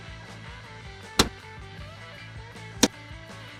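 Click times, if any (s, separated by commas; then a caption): 1.2 s, 2.8 s. A plastic cabin air filter cover on a 2016–2021 Honda Civic is pushed in from both sides into the HVAC housing behind the glove box. It gives two sharp clicks, one per side, at 1.2 s and 2.8 s, over steady background music. The cover is seated firm and tight.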